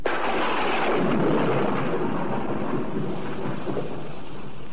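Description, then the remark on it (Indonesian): Heavy rain pours steadily as a broad, dense hiss, while a deep rumble of thunder rolls underneath and swells early on before settling into the continuous downpour. “Nanti sajalah, jika hujan sudah berhenti.”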